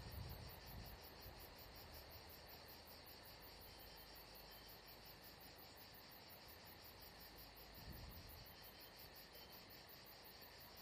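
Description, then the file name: Crickets chirping in a dense, continuous high-pitched pulsing chorus, with a low rumble underneath. Atmosphere recording of crickets at Saint-Jean-de-Luz. "Saint Jean De Luz Crickets Atmosphere Only Paul Parker Sven Jungbeck"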